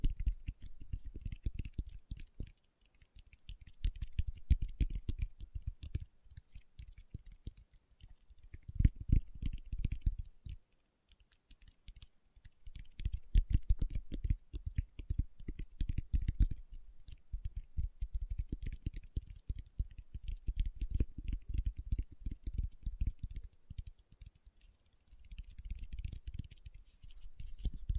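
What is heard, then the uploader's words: Fingertips tap in quick, dense bursts, each run lasting a few seconds before a short pause and then starting again. The taps are soft and mostly low and thumping, with a faint clicky edge like typing on a keyboard, and the pattern repeats throughout. ASMR Tapping with Fingertips (No Talking).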